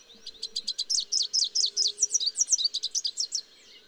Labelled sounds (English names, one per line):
Rufous-capped Warbler song